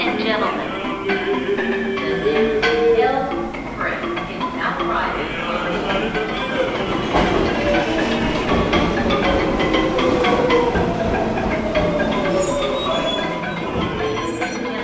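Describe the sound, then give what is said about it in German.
A crowded train in New York at about 10:30 at night rumbles steadily along its rails, with a continuous loud roar, rattling clicks and high, wavering wheel squeals, while passengers' voices murmur underneath. “Der Zug, in dem ich stehe, ist trotzdem voll.”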